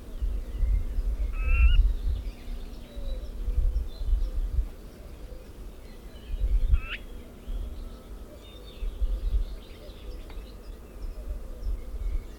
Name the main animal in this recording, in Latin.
Sylvia communis